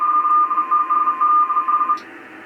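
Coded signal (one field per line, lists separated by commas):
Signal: RTTY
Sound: fast warbling two-tone teletype chatter for two seconds, then quiet hiss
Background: radio hiss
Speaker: if I was going to call CQ I could do that here CQ test and then my call sign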